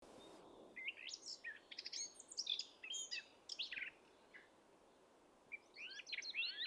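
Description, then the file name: Eurasian blackcap song: short bursts of rich, scratchy warbling notes in two phrases separated by a pause, over a steady low background hiss. "Sylvia atricapilla"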